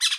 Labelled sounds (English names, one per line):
Brown-throated Parakeet contact call